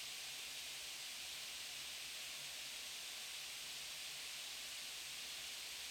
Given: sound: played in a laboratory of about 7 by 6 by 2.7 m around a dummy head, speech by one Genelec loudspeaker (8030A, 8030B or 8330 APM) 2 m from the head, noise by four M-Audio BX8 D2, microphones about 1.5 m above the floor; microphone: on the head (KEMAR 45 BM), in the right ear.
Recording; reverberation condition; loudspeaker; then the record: white noise; medium; four, about 170 cm from the corners of the room and facing them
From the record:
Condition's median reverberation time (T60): about 510 ms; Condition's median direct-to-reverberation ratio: about -0.5 dB